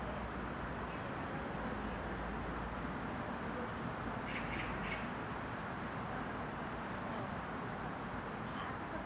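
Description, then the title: Cicada song as a steady, slightly pulsing high buzz, over constant low traffic rumble, with a brief harsher burst of higher sound near the middle. Recorded at an apartment complex in Banpo-dong, Seocho-gu, Seoul, South Korea. "대한민국 서울특별시 서초구 반포동 1117-Banpo Jugong Apartment, Cicada, Magpie"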